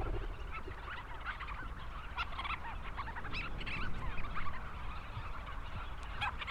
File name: Leachs Storm Petrel